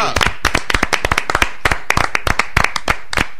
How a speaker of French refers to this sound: Ils ont applaudi